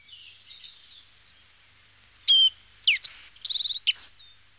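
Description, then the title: Small birds calling: soft twittering at first, then several loud, sharp chirps in quick succession. "NHK Sound Effects Collection - 2-Waves, Rivers, Birds"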